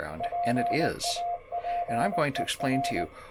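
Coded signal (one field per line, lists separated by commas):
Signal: Morse code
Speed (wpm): 20 wpm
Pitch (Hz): 700 Hz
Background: speech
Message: PAPER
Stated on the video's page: Morse Code Ninja practice files played through a repeater under test.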